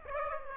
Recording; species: mosquito wingbeat signal from an infrared sensor; Aedes aegypti